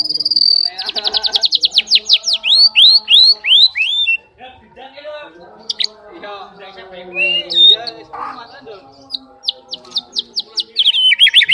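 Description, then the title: Oriental magpie-robin song: a rapid series of descending whistled sweeps, then a jumble of mixed notes and chatter, ending in loud rising and falling whistles. "kacer"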